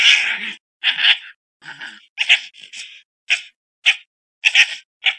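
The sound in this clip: Fox calls as harsh, scratchy barks and a drawn-out rasping yelp, repeated at uneven intervals.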